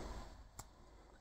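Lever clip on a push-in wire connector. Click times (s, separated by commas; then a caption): 0.6 s. A thermostat wire has been inserted into a lever-type push-in wire connector, and its plastic clip lever is pulled down. The lever locks into place with a short, small click at 0.6 s over a faint low background hum, seating the wire in the connector.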